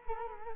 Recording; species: mosquito wingbeat signal from an infrared sensor; Culex quinquefasciatus